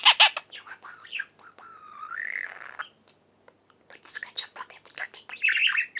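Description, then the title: Budgerigar warble of rapid clicks and chirps with a long wavering whistle in the middle, then more scratchy chatter. "Budgie Sounds"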